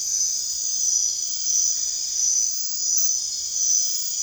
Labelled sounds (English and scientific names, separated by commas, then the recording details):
none
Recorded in dense forest near Puerto Asís, Putumayo, Colombia, on 22 June 2025 at 22:30
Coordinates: 0.468, -76.322
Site GP03